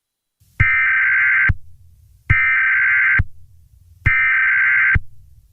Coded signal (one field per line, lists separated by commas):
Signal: Emergency Alert System (SAME) tones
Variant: header bursts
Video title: EAS scenario | The Attack PT 2